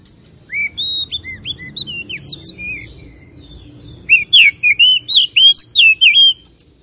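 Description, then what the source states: Oriental magpie-robin with soft, spaced whistles at first, building into a louder, faster string of bright slurred notes. Known locally as kacer; labelled Tretes; described as gacor, singing actively and continuously.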